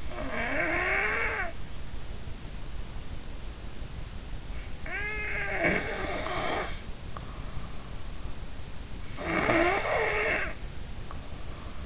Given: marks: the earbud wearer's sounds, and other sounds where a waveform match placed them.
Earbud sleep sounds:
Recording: sounds in sleep by an in-ear microphone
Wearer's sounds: snoring breath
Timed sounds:
0.00-1.56 s: snoring breath
9.06-11.86 s: snoring breath

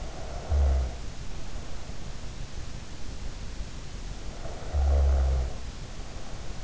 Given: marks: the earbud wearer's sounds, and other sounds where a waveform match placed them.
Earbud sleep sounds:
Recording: sounds in sleep by an in-ear microphone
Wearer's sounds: snoring breath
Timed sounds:
0.00-1.96 s: snoring breath
4.37-6.59 s: snoring breath

